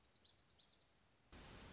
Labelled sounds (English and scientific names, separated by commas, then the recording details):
Lazuli Bunting (Passerina amoena)
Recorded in Sonoma County, California